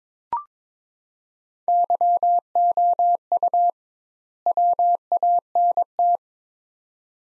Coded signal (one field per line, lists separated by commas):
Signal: Morse code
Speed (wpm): 22 wpm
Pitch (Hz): 700 Hz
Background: none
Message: YOU WANT